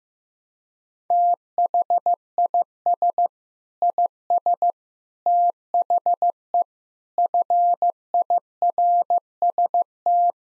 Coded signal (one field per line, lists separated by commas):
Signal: Morse code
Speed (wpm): 14 wpm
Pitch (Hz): 700 Hz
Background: none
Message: THIS IS THE FIRST